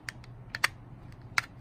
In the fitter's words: and then just a little click and then